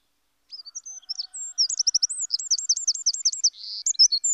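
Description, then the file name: Eurasian wren singing a rapid, high, sparkling series of sharp notes and trills that continues to the end. "Troglodyte Mignon"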